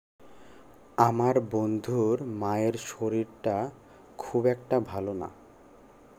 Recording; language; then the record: elicited speech; Bengali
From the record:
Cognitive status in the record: cognitively healthy